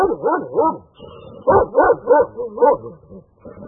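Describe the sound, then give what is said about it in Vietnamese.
A yellow dog suddenly rushes out of a doorway and barks in a quick, excited series of loud, mid-pitched barks, some rising into higher yips, with brief whining gaps between bursts and no voices. “Có một con chó vàng nằm nứt đâu trong cửa không biết, thình lình chạy ào ra, rồi tấp tới, sủa vàng rừng.”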